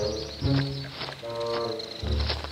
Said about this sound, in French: Ah, ces oiseaux! Une tempête arrive, père, vite!